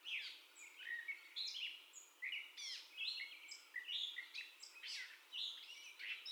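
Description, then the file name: Catbird song, a busy jumble of varied chirps, squeaks and short whistles in quick succession. First song, recorded 30 May 2021. "2021-05-30 Catbird First Song"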